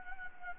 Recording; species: mosquito wingbeat signal from an infrared sensor; Anopheles gambiae